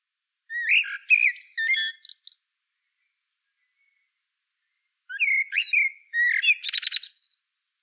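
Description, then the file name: Common blackbird giving two song phrases, fluty warbling that ends in a fast buzzy, high-pitched twitter, separated by about three seconds of silence. "Turdus merula"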